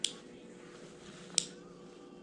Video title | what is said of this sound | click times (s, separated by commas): GoPro Hero8 black Ulanzi Usb-C access replaceable door. | Hear that mechanical click sound? | 0.0 s